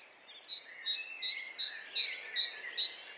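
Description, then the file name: Great tit singing seven quick, high two-note phrases at an even pace, with faint background chirping. "Parus major"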